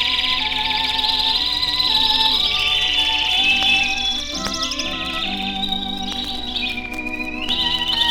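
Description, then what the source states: Domestic canaries trilling in quick high repeated notes while instrumental music with held tones runs beneath. A group of old-timer canaries from the master radio canary chorus, perched close together, singing in harmony.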